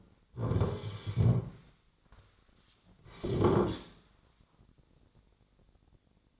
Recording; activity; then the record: daily activity, microphone in the room; sit down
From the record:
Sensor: 3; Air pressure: 1009.2 hPa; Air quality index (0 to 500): 180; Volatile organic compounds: 3 ppm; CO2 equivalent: 1462 ppm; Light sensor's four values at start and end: 44/114/51/53 and 53/135/60/61